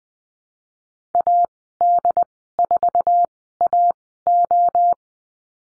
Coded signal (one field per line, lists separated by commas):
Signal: Morse code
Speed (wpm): 20 wpm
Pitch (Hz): 700 Hz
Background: none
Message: AD4AO